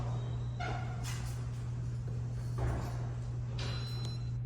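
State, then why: Released. The latch is lifted and a small black box is pulled on an electronic door lock on big double doors, and the access indicator turns green. Over a steady low hum, the lock releases with a click at 3.6 s, and the doors are unlocked.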